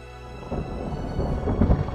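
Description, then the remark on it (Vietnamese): Deep, continuous thunder rumbles with a rolling low-end roar, swelling louder toward the end amid a rain-like hiss, with no voices present. “Lôi Đình đánh xuống không ngừng, lại có thêm cung tên như mưa ầm ầm bắn tới.”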